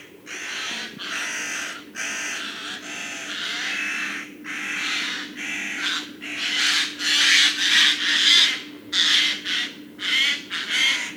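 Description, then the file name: Eurasian Jay making a dense series of grating, rasping calls that grow louder, with a low steady hum beneath. "Garrulus glandarius"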